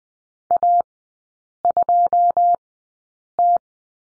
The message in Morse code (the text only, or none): A2T